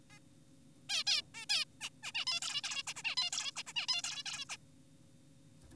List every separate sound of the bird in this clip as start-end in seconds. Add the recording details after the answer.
0.10-0.19, 0.90-1.04, 1.07-1.22, 1.34-1.46, 1.50-1.65, 1.81-1.90, 2.03-2.12, 2.15-2.25, 2.27-2.40, 2.42-2.61, 2.64-2.83, 2.87-2.94, 2.96-3.03, 3.04-3.15, 3.17-3.30, 3.32-3.51, 3.56-3.63, 3.67-3.73, 3.76-3.86, 3.88-4.02, 4.04-4.23, 4.26-4.45, 4.49-4.56. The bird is an adult. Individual g4p5U